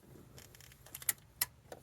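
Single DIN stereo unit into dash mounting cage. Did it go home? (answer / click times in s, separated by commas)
yes / 1.1 s, 1.4 s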